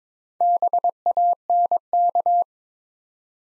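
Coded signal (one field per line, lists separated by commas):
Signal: Morse code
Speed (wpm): 22 wpm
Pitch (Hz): 700 Hz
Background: none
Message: BANK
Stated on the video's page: Easy-word Morse practice at 17 wpm with contextual hints.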